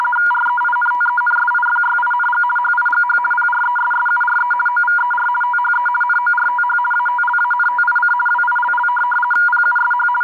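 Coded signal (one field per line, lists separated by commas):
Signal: RTTY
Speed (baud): 50 baud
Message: REINTENSIFYING HIGH PRESSURE OVER THE NORTH ATLANTIC WILL PUSH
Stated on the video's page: RTTY on 4585 kHz LSB received on a Tecsun PL660 radio.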